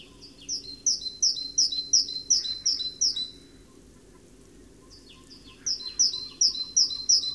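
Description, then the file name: Great tit repeating crisp, high-pitched paired notes about three times per second, in a run of several, then a quiet stretch and another run. "Parus major"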